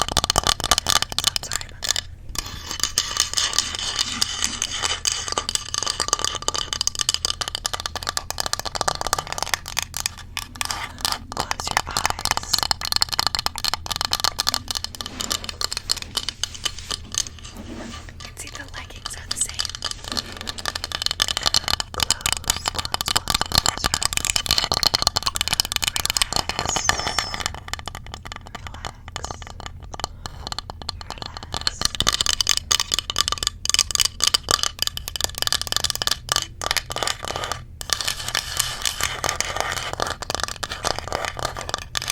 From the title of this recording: ASMR Fast and Aggressive Christmas Triggers